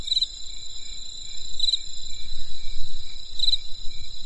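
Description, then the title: Insect sounds: three brief high chirps spaced throughout above a continuous shrill ringing tone, with soft low rumble underneath. Heard on a winter night in the countryside; crisp insect sounds. "There was a crisp sound of insects in the winter night. Come and experience a sound therapy feast from the countryside"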